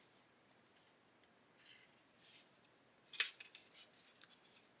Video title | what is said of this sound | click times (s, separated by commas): NEW Airfix 1/24 Bf109 G-5/G-6. Part Ten. | You heard that click in then, everything is closing up beautifully, there's no Hellcatness with this one. | 3.2 s